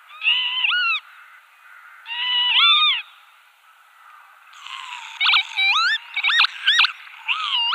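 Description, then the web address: Northern lapwing display calls, a series of wheezy slurred phrases, then a burst of quick sweeping notes and a final rising wheeze. Male display. "Schulze Peter Northern Lapwing male display"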